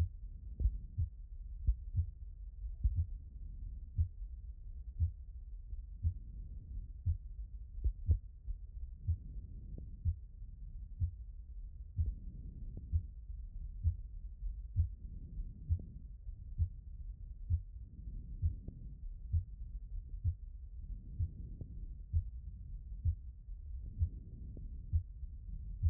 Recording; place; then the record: heart sounds by stethoscope; aortic valve (AV)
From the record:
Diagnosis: HFrEF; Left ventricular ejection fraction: 23%